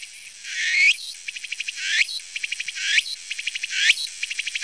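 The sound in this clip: Cicada call: loud rising buzzy swells alternating with quick trains of sharp pulsed ticks, the cycle repeating about once a second.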